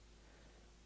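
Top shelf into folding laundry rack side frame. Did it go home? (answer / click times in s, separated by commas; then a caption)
no / none. The top shelf of an Amazon Basics folding metal laundry drying rack is handled as it is pressed onto its side frame. For 0.9 seconds only a steady, broadband hiss with low hum is heard, with no distinct click. Nothing has seated or clicked yet.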